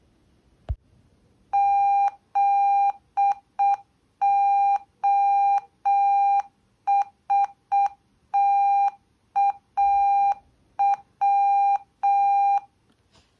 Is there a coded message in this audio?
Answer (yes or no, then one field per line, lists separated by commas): yes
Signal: Morse code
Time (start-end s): 1.5-12.6 s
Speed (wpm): 6 wpm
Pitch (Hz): 800 Hz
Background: none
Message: ZOSTAW